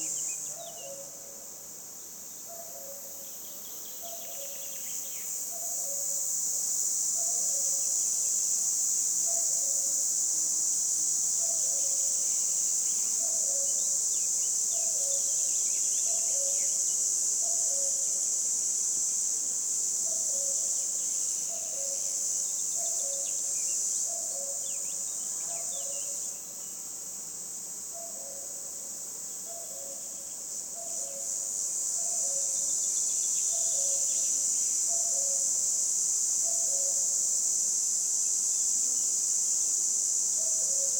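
A cicada's loud, steady high buzz swells after a hesitant start, dips twice, while a regular low chirping repeats underneath in a summer roadside setting.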